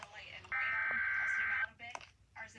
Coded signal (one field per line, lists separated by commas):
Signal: Emergency Alert System (SAME) tones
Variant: header bursts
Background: speech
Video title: Perfect timing SVR (EAS 119)